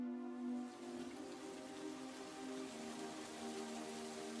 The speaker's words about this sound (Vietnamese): Trời bắt đầu đổ mưa. Một vài hạt mưa rơi xuống lòng bàn tay của Châu và Việt.